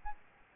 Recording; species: mosquito wingbeat signal from an infrared sensor; Aedes albopictus